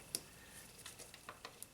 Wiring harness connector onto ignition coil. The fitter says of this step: it snapped in place and then push it on